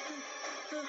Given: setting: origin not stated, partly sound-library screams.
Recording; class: one-second piece from a danger detection set; woman in danger